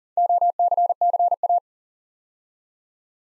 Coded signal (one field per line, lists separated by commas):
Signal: Morse code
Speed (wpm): 38 wpm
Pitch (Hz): 700 Hz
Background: none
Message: OCCA